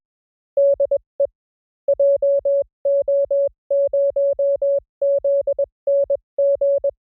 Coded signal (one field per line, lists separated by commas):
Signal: Morse code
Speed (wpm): 21 wpm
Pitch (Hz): 560 Hz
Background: music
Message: DE JO0ZNG